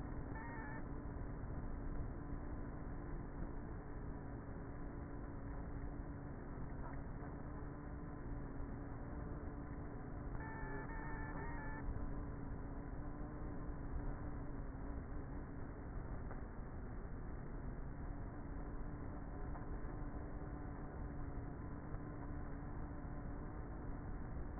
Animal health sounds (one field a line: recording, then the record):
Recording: honeybee colony, microphone inside the hive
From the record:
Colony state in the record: queenless with a low population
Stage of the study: before two queens were removed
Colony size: about 30,000 bees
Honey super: no